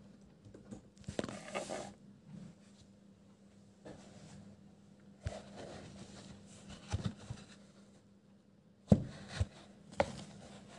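Pencil scribbles come in short bursts over a steady low hum, with sharp taps near nine and ten seconds.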